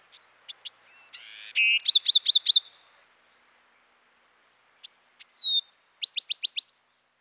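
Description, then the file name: Bewick's wren song with soft introductory chips, a harsh buzzy note, then a quick series of clear repeated notes; a second, slightly different phrase follows after a pause. "dan gibsons solitudes bewicks wren"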